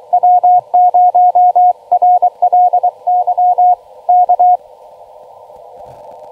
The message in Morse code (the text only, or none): W0RLY K